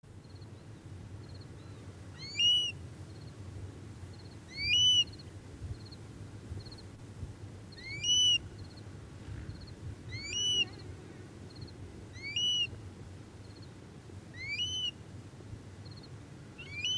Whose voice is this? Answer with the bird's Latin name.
Burhinus oedicnemus